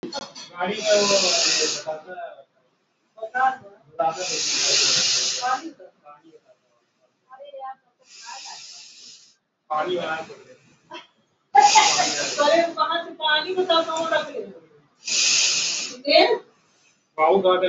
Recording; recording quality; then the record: deep breathing; moderate, slight background noise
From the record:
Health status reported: healthy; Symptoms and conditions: none ticked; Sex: male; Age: 20 years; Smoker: not ticked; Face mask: not worn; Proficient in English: yes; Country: India